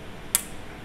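A metal cleat for a flat-pack sliding door frame is pushed into the aluminium door profile, inside portion first. A single short, sharp click, bright in the upper frequencies, sounds at 0.4 s against a quiet low background. The cleat has seated in the profile.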